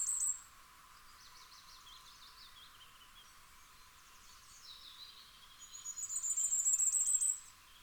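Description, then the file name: Common firecrest: a brief high note at the start, then a loud run of very high, thin notes repeated rapidly for about a second and a half. "Fiorrancino"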